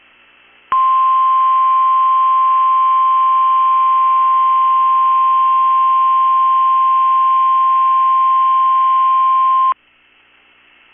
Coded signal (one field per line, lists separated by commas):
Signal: Emergency Alert System (SAME) tones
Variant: 1050 Hz attention tone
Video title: 3/29/23 - KEC65 Required Weekly Test (EAS #738)